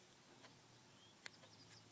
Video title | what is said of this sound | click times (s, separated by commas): iPhone screen swap | Hear the little snap? Well, that's all it is. | 1.3 s